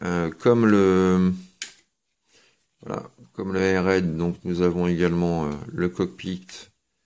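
A plastic cockpit canopy on a jet-mode Transformers KO Oversized TFC Uranos / Superion figure is being handled while someone talks, with a brief sharp tap near 1.6 seconds. The canopy has not yet clipped shut onto the toy jet body; nothing has seated or clicked yet.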